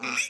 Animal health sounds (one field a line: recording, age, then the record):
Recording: pig call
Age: piglet (1 to 25 days)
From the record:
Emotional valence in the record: negative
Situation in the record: short isolation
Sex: male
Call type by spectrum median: high-frequency call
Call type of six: mixed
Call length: 0.30 s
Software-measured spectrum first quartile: 2165 Hz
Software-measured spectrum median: 2955 Hz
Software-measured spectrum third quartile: 6022 Hz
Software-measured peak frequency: 2478 Hz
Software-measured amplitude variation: 144 dB a second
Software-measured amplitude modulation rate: 21.8 a second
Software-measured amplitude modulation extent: 6.6 dB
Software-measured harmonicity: 2.1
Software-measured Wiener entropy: -2.19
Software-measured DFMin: 1003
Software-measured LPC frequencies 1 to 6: 1254, 2496, 3483, 5107, 5700, 6153 Hz